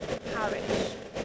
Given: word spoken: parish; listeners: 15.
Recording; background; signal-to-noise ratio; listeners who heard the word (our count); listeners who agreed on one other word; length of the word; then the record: one English word in noise, from a listening test; noise modulated by three-talker babble; -5.1 dB; 7 of 15; 7 of 15; 0.84 s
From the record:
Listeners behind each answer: 7, 7, 1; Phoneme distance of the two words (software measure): 30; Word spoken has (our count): 2 syllables, 5 phonemes, stress on syllable 1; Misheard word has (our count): 2 syllables, 5 phonemes, stress on syllable 1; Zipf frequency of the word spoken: 3.94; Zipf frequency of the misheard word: 4.21